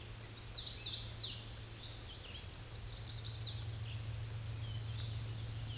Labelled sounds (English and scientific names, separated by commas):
Hooded Warbler (Setophaga citrina) song